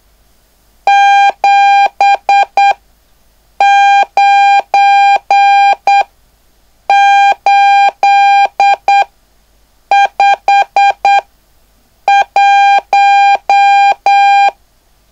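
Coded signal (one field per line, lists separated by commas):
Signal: Morse code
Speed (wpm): 8 wpm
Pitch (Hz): 800 Hz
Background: none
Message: 79851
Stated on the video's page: Beginner CW class practice on speed, noise and numbers.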